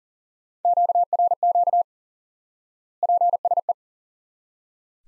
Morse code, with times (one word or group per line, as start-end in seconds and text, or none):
0.6-1.8 QRQ
3.0-3.7 PSE